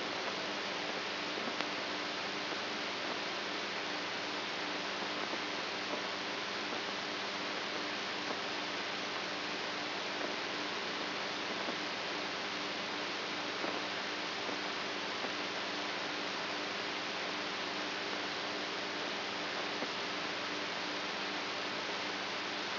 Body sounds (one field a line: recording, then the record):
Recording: brain microelectrode recording played as sound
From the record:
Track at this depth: outside the subthalamic nucleus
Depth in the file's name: 5.909 mm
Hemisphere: right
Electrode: 3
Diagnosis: Parkinson's disease